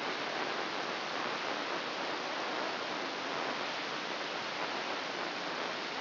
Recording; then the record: brain microelectrode recording played as sound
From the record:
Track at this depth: inside the subthalamic nucleus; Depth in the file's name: 3.921 mm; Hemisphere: left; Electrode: 3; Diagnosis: Parkinson's disease